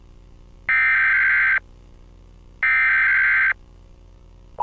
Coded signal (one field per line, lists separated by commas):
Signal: Emergency Alert System (SAME) tones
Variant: header bursts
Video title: Sprunki EAS Scenario - Raddy Goes Insane